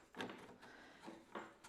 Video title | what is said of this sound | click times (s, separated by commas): FESTOOL CSC SYS 50 Unboxing | and it just snaps into place like that so this is great | 1.3 s